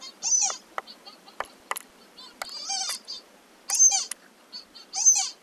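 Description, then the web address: Magellanic woodpecker nasal, squeaky calls rich in harmonics, given in short bursts with several louder calls spaced about a second or more apart, amid quieter clicks. "Birds Magellanic-Woodpecker"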